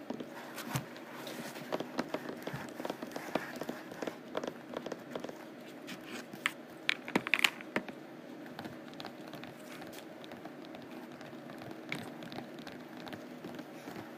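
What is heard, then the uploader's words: Rough canvas being scratched and tapped, a steady scraping texture with frequent short, sharp clicks and knocks scattered throughout. A brighter cluster of taps stands out around seven seconds, and a low, dull rubbing sound runs underneath the whole time. ASMR Rough Canvass: Scratching and Tapping.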